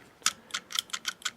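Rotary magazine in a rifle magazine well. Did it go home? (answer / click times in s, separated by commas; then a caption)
no / none. The magazine release lever on a Ruger Precision Rimfire Rifle is pressed repeatedly with a rotary 10-round magazine in the rifle's magazine well, giving a quick series of sharp, bright ticks. The magazine does not release and nothing has come free yet; it has to be pulled out by hand.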